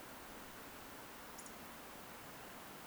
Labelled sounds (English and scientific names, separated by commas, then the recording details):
Eurasian Woodcock (Scolopax rusticola) whistle
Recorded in Baden-Württemberg, Germany, on 10 June 2021 at 20:15 UTC
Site 43323, 910 m above sea level